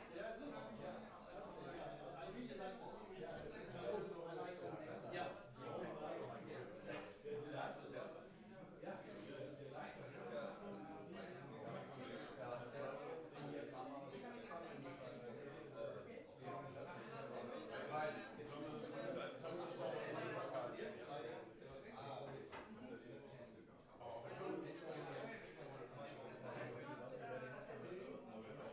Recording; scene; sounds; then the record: everyday scene through a hearing-aid microphone; many people talking; many voices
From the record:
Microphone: behind the ear, left, rear